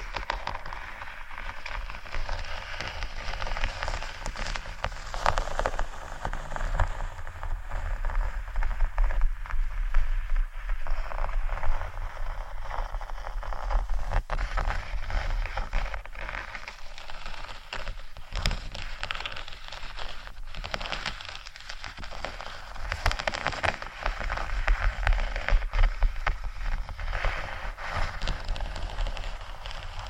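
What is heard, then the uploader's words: Faux leather being scratched, a dense, continuous rasping and crackling that runs the full thirty seconds without pause. The texture is scratchy and fairly bright with a low rumble underneath, swelling and thinning irregularly, with sharper strokes around 14, 18 and 23 seconds. ASMR Faux Leather Scratching（No Talking）.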